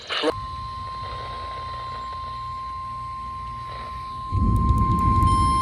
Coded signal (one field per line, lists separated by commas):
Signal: Emergency Alert System (SAME) tones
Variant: 1050 Hz attention tone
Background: speech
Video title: A Little Extra Rainfall || EAS Alerts from 7/15/23 || EAS 780-791